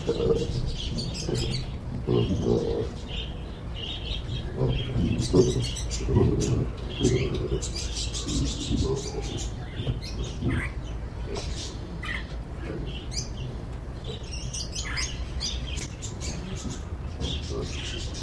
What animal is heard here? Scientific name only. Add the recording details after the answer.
Papio hamadryas. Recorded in captivity. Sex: group. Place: Tierpark Görlitz, Sachsen, DE. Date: 1988-02-24 10:31. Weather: bedeckt, ca. 0°C. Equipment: Nagra SN. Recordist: Tembrock, Günter